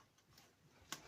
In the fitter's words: There we go, clicked in.